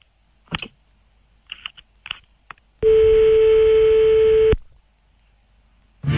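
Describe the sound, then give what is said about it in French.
A handful of quick clicks from keys being pressed on a telephone as a number is dialed by hand, followed by a loud, steady, buzzing line tone that holds for almost two seconds before cutting off into silence. “compose le numéro à la main pour être sûr”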